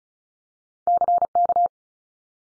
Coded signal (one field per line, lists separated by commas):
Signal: Morse code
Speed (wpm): 36 wpm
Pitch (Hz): 700 Hz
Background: none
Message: CK